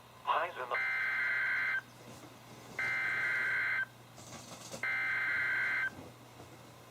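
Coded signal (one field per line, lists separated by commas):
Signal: Emergency Alert System (SAME) tones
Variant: header bursts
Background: speech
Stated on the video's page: NOAA Weather Radio SAME alerts from KHB36, including coastal flood, special marine and severe thunderstorm warnings issued by NWS Sterling, VA.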